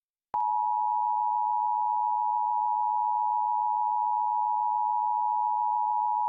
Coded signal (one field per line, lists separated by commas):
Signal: Emergency Alert System (SAME) tones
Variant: 853 and 960 Hz attention tone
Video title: EAS RMT In Washington DC (8-24-22 WHUT-DT1)